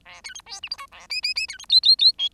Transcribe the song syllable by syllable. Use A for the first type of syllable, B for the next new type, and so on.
A B C D E F G A H H H B C I I I J